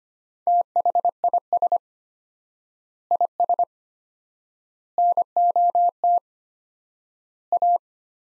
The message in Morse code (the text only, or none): THIS IS NOT A